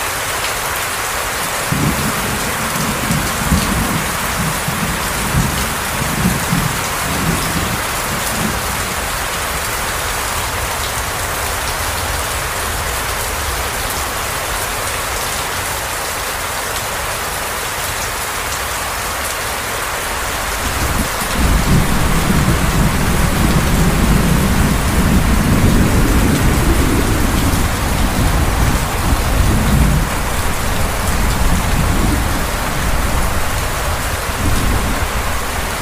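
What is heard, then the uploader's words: Heavy rain pours steadily throughout, a dense hiss filling the whole range from low to bright. Deep thunder rumbles underneath in rolling bursts, fading out near the middle and then returning stronger and louder from around twenty-one seconds to the end. Tropical Storm Thunder and Rain Sounds.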